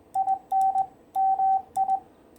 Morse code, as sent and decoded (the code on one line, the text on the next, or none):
.. -. / -- ..
IN MI